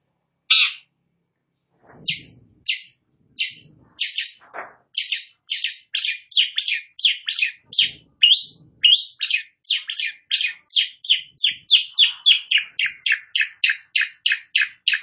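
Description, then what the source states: Long-tailed shrike song: scattered chirps that build into a long, accelerating series of rapid varied notes, becoming steady and fast toward the end. Described as gacor, singing actively.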